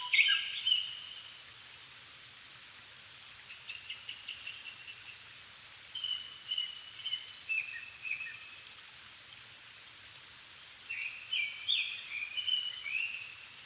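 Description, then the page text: Japanese thrush song: several separate phrases of whistled and chirped notes spaced a few seconds apart, over a continuous hiss. Japan, 7 May 2011 at 17:59 in the evening, altitude 270 m; recorded on a Sony PCM-D50 with Panasonic WM-61A microphones. "Turdus cardis [Sounds -Nikko Today-]"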